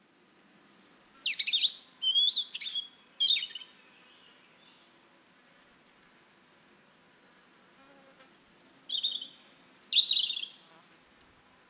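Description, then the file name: European robin delivering two separate bursts of sweet, rapid, high warbling notes, several seconds apart. "Erithacus rubecula"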